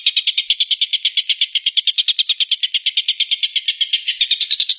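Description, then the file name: Stork-billed kingfisher in a continuous rapid rattle, grating notes pouring out at a steady fast pace throughout. Rapid "shooting" call, locally called tembakan. "suara tembakan tengkek buto"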